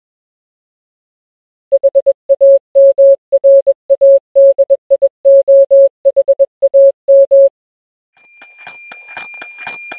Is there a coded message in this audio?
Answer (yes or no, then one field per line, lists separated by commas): yes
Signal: Morse code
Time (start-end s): 1.7-7.5 s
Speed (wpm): 21 wpm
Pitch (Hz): 550 Hz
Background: none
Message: HAMRADIOHAM